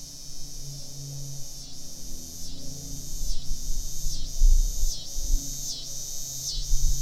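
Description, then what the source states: Coastal scissor grinder cicada singing a continuous high buzz with regular grinding pulses, against a low rumbling background. Cicada of the Lower Susquehanna River Watershed.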